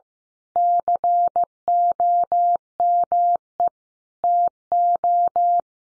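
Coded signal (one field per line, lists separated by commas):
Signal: Morse code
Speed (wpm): 15 wpm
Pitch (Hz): 700 Hz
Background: none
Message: COME TO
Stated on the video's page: Morse code practice at 15 wpm: head-copy sentences built from the top 1300 words, each sent in Morse, spoken, then sent again.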